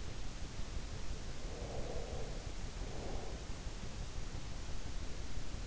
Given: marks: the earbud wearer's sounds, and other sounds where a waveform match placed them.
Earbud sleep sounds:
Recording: sounds in sleep by an in-ear microphone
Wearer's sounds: breath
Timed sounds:
1.43-3.63 s: breath

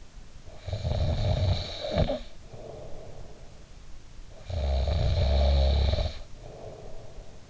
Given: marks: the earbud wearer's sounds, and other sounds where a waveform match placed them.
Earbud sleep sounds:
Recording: sounds in sleep by an in-ear microphone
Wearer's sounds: snoring breath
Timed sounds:
0.42-3.47 s: snoring breath
4.32-7.50 s: snoring breath

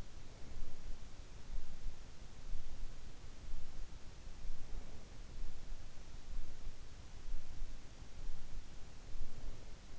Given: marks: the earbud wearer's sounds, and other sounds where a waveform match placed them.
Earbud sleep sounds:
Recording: sounds in sleep by an in-ear microphone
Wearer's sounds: breath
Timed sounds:
0.00-1.15 s: breath
4.50-5.57 s: breath
8.96-9.98 s: breath

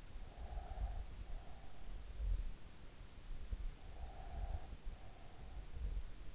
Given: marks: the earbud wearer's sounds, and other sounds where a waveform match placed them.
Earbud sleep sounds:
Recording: sounds in sleep by an in-ear microphone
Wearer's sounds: breath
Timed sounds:
0.25-2.12 s: breath
3.65-5.72 s: breath

